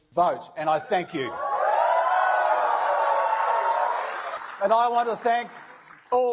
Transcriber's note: cheers